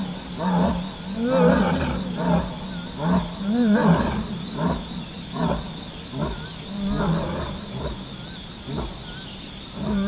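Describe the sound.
Lion growls and grunts in a rough, uneven series of low harmonic bursts, some rising and falling, over a steady high-pitched whine.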